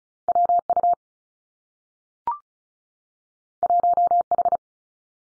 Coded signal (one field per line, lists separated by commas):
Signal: Morse code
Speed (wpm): 36 wpm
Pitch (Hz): 700 Hz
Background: none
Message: W U 1 H